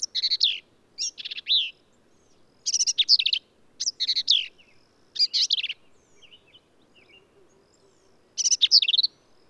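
Black-capped vireo giving a varied series of short, rasping, chattered phrases, several in quick succession, then a pause before another burst.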